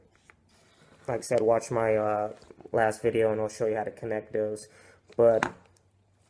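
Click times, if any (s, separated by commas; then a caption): 0.3 s. A keyed HID ballast wiring connector from an OPT7 HID headlight conversion kit is pushed into its mating bulb/harness plug, which fits only one way. A short click at 0.3 seconds marks it seating. Someone then talks over the rest of the clip.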